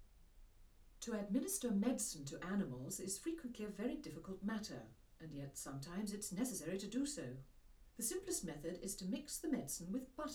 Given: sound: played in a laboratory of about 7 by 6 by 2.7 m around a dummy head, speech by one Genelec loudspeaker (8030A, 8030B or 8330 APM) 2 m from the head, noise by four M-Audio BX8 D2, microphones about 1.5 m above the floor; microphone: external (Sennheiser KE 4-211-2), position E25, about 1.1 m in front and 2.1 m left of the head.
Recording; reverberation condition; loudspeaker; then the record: female speech in English; low; 30 degrees to the right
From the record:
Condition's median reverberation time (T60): about 310 ms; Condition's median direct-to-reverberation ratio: about 3.5 dB